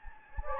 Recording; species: mosquito wingbeat signal from an infrared sensor; Anopheles gambiae